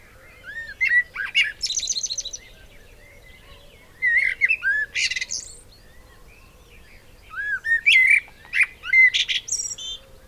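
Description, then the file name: Eurasian blackbird song: three bursts of low fluted warbling phrases, each ending in a high squeaky twitter, separated by short pauses. "Turdus merula"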